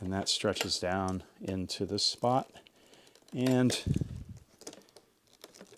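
Someone talks while the hose of a Shark vacuum cleaner is stretched down toward its plastic latch spot on the vacuum body, followed by crinkly handling noises with a few sharp ticks near 4.7, 5.0 and 5.4 seconds. The hose has not clicked into its latch yet; nothing has seated.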